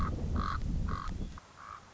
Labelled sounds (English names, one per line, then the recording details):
Common Raven
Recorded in Sonoma County, California